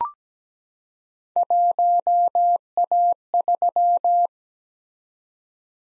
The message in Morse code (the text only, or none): 1A3